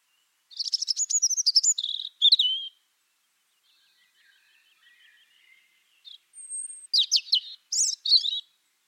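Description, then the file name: European robin song: two bursts of high, thin, warbling phrases with sweet trills, separated by a pause holding faint soft twitters. "Erithacus rubecula"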